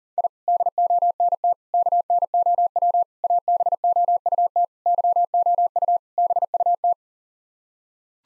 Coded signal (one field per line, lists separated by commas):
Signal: Morse code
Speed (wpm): 40 wpm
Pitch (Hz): 700 Hz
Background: none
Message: I DONT KNOW ABOUT YOU BUT